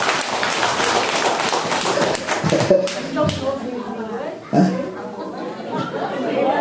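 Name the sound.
audience applause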